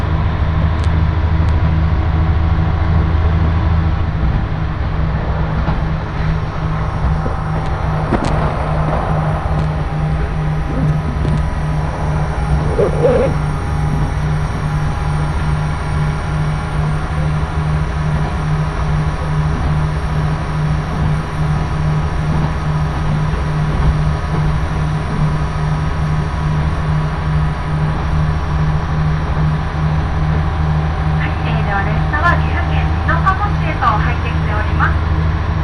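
A Nagara Railway train runs between Mino-shi and Mino-Ota, its engine a steady, heavy low drone with an even hum throughout. Brief clanks and rattles surface around 8 and 13 seconds, and a cluster of bright squeaks and ticks appears near the end.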